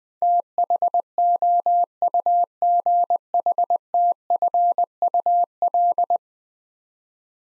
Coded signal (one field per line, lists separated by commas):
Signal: Morse code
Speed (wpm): 20 wpm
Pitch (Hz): 700 Hz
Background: none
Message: THOUGHTFUL